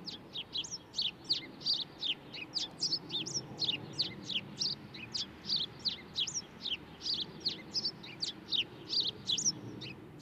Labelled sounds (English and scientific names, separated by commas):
House Sparrow (Passer domesticus) song